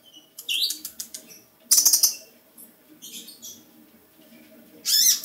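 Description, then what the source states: Bird twittering: a hooked note and scattered ticks, a loud rattling burst, softer jumbled chatter, then a final bright rattled chirp. Described as a small bird.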